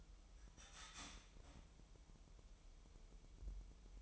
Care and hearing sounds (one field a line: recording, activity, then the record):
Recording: daily activity, microphone in the room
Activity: start toaster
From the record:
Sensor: 1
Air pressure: 988.6 hPa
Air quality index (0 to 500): 197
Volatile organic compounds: 945 ppm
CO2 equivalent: 5240 ppm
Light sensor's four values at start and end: 25/94/35/37 and 25/94/35/37